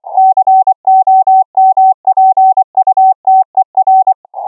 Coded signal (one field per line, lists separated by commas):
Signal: Morse code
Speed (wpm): 25 wpm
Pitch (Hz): 760 Hz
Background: none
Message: COMPUTER